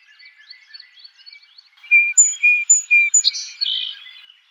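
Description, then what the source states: Song Sparrow song: soft buzzy notes, then a run of loud clear repeated whistles and a buzzy trill near the end. Recorded 4 January 2007.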